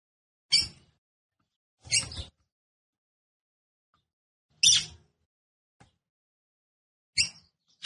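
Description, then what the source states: Red-cowled cardinal giving several brief, sharp high chips at irregular intervals, the last two close together, each with a soft low thud. Female; behaviour described in Portuguese as "batendo fogo".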